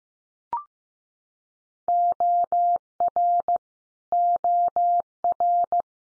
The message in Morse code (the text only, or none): OR OR